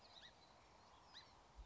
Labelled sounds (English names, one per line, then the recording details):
Song Sparrow
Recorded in Sonoma County, California